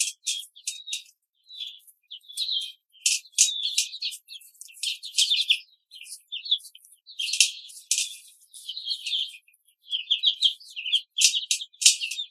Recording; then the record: young laying hens in a cage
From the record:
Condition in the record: control cage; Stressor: none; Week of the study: 5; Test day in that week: 1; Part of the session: 1